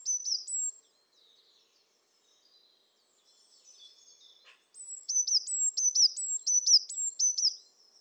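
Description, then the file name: Eurasian blue tit with a short high phrase, a long quiet pause with faint chatter, then a quick run of high, thin notes. "Cyanistes caeruleus"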